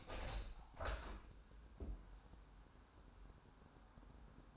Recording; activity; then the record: daily activity, microphone in the room; open window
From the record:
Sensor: 2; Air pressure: 1000.3 hPa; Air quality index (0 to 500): 131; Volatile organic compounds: 2 ppm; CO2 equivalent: 1096 ppm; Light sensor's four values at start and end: 11/31/12/14 and 12/32/13/15